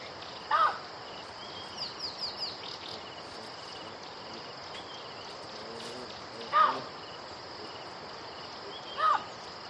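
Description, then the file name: Baboon calls: three short, sharp barks at roughly 0.6, 6.6 and 9 seconds, with softer chirping bursts between them over steady insect buzzing. "audio hero Baboon"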